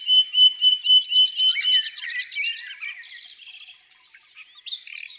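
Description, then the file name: Common nightingale song beginning with a long pure whistle, then fast repeated trills and chattering notes that slow and fade before a final burst. In the countryside. "Rossignol philomele Chants doiseaux dans la campagne"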